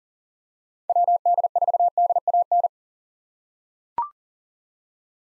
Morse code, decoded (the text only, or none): WD4DAN